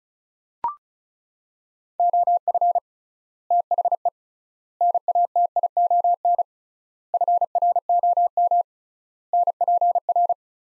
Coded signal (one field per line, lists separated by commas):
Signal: Morse code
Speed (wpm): 36 wpm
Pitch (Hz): 700 Hz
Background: none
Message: OF THE NATION FROM NPR